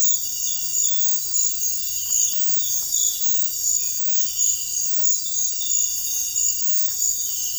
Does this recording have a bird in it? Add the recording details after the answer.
no. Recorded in dense forest near Puerto Asís, Putumayo, Colombia, on 20 February 2024 at 05:00. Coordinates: 0.484, -76.317. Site G6464